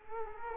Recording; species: mosquito wingbeat signal from an infrared sensor; Culex quinquefasciatus